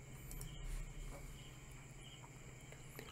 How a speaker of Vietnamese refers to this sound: đọc truyện dưới tiếng ếch kêu